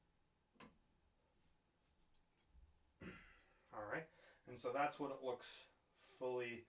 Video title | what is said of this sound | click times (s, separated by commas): Archery Basics | And when you do it, you should hear a nice little click, and that you know it's attached. | 0.6 s